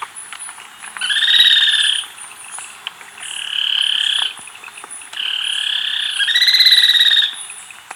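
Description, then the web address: Spillmann's tapaculo giving long buzzy trills about a second each, some rising slightly, repeated in bouts, with a thin high insect-like whine throughout. Ecuador. "Birds of Ecuador 2. Spillmann's Tapaculo"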